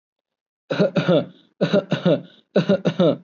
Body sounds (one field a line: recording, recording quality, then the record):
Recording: shallow voluntary cough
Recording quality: excellent, no background noise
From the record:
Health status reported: COVID-19 positive, mild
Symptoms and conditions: none ticked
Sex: male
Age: 24 years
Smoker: not ticked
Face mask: not worn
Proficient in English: yes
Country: India